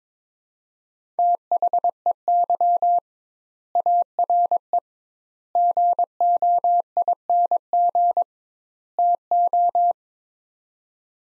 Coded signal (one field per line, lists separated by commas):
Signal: Morse code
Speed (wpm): 22 wpm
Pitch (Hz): 700 Hz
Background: none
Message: THEY ARE GOING TO